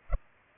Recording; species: mosquito wingbeat signal from an infrared sensor; Culex pipiens